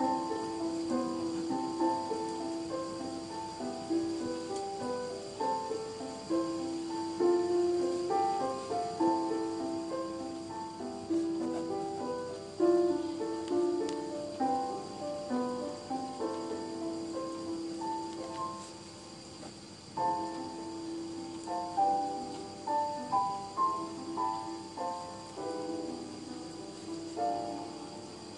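Gentle piano plays a steady, flowing melody of mid-range notes over a constant soft hiss like rain, with a brief pause near twenty seconds.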